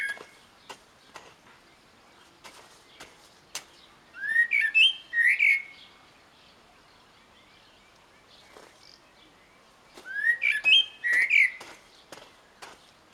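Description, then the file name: Common blackbird song: two short phrases of rich warbled whistles with twittering tails, about six seconds apart, over faint ticking. "Turdus merula"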